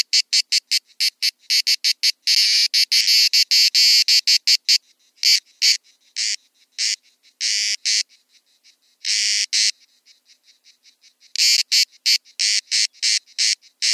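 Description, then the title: Grey cicada song: fast bursts of dry, high-pitched ticking pulses that merge at times into sustained rasping buzzes, with irregular gaps between the sequences. Several grey cicadas meeting; Buoux, Vaucluse, in June 2004. "Sylvain Jaskowiak - Animus. Rencontre de cigales grises - Buoux, Vaucluse - juin 2004"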